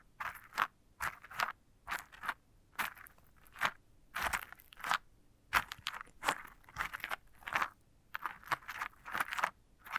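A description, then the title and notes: Dry crunching and scraping on a sunflower head, coming in short bursts about one to three times a second with brief silences between. The sounds are crisp and bright, with a few sharper crackles and a louder, longer scrape just after four seconds. ASMR of a Sunflower Head (No Talking).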